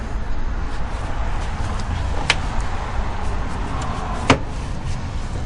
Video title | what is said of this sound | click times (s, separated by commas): Toyota Tundra 2010 Safe Windshield Replacement By Alfredo's Auto Glass | you hear that clip clicking that's | 2.3 s, 4.3 s